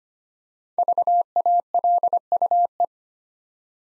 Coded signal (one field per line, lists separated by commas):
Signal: Morse code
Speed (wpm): 25 wpm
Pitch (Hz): 700 Hz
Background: none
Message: VALUE